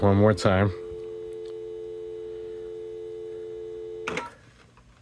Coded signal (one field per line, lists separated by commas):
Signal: telephone call progress tone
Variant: North America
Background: speech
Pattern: dial tone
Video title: C64 Retro BBS Dial-Up Adventure: C64 User from USA calls German BBS via 1670 modem. Can it work?